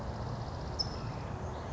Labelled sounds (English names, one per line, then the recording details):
California Towhee
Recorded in Sonoma County, California